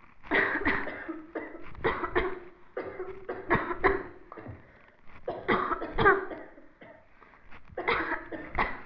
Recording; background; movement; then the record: voluntary coughing; a bystander coughing; sitting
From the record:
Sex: female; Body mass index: 18.3 kg/m2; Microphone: on the chest, facing the body